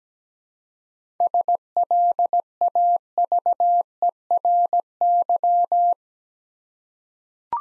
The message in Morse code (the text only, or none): SLAVERY